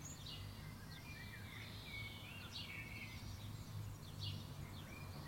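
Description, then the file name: Common blackbird giving faint, thin whistled notes that sweep up and down, some slurred, over steady low background noise. "Turdus merula"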